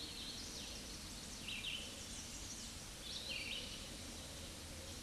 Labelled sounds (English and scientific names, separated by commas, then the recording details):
Red-eyed Vireo (Vireo olivaceus) song
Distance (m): 55 m
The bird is about 15 m above the microphone
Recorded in a Pennsylvania forest on 16 May 2024 at 08:15
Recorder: AudioMoth, point MSD-0192
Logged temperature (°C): 16.0 °C
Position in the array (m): 118 m, 71 m